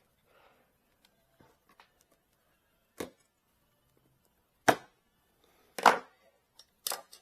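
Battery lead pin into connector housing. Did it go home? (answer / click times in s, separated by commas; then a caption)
no / none. A metal pin on a battery wire is pushed by hand into a plastic EC5 connector housing. A few faint rustles are followed by sharp knocks at about 3.0, 4.7, 5.8, 5.9 and 6.9 seconds. The pin is not fully seated in the housing, and nothing has clicked yet; a flat screwdriver is still needed to push it all the way in.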